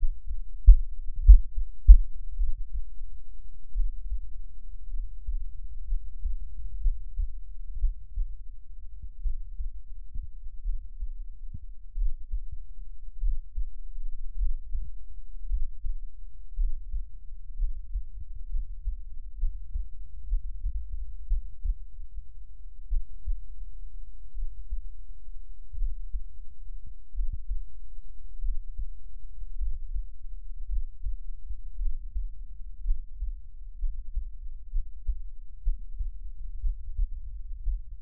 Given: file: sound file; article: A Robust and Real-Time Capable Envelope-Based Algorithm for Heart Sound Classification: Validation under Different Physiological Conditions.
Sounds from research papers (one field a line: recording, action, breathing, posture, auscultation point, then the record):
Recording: heart sounds by electronic stethoscope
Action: rest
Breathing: deep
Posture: sitting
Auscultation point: Erb’s point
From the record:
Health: healthy, no known heart disease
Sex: male